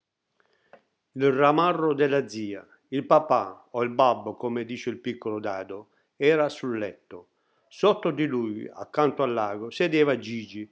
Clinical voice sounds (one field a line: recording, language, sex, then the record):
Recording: read passage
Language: Italian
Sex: male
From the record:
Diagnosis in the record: healthy control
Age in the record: 68 years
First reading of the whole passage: 60 s, 8.7 characters per second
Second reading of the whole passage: 55 s, 9.3 characters per second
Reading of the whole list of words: 43 s, 6.5 characters per second